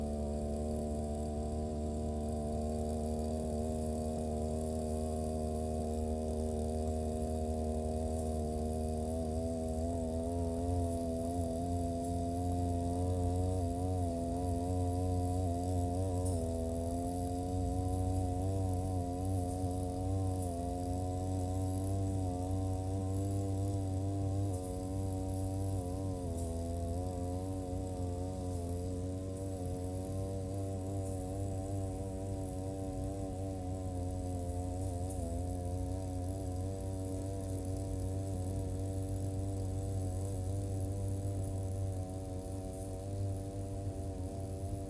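A brush cutter runs continuously as grass is cut along rows of green onions and around the field. The engine holds a steady, buzzing drone with a strong low hum, its pitch wavering slightly as the blade works through the grass, without pauses.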